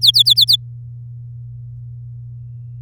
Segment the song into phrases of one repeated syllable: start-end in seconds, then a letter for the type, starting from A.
0.01-0.56 A